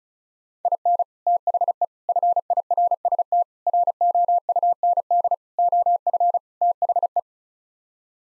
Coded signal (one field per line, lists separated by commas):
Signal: Morse code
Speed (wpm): 34 wpm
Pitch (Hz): 700 Hz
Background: none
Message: IN THE FIRST ROUND OF THE